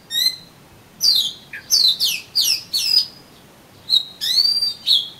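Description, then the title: Oriental magpie-robin singing loud whistled phrases and harsh scratchy notes in separate bursts, some notes sliding downward, others held and clear. "Kacer Kacer"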